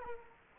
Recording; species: mosquito wingbeat signal from an infrared sensor; Culex quinquefasciatus